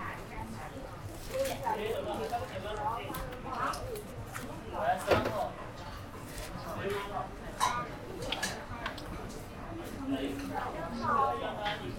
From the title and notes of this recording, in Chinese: 去香饵胡同吃小面｜城市声音。下午。